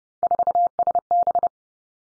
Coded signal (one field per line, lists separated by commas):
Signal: Morse code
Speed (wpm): 30 wpm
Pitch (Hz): 700 Hz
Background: none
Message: 4SB